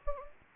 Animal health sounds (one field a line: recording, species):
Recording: mosquito wingbeat signal from an infrared sensor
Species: Anopheles gambiae